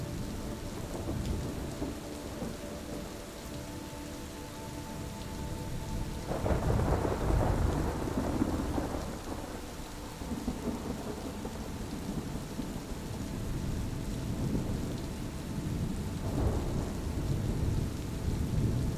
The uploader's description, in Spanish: el sonido relajante y natural de una poderosa tormenta con música suave y armoniosa